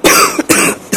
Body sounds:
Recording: coughing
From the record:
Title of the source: 31 night wet cough

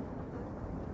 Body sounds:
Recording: background sound without coughing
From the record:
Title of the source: Train Ride Ambience ambient white noise for sleeping, focus, studying, reading

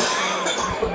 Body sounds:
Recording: coughing mixed with background sound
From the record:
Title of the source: Spring Cold Coughing 2

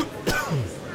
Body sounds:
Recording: coughing mixed with background sound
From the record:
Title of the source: Coughing 51

